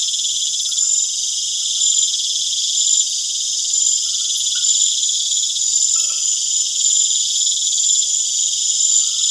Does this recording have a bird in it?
no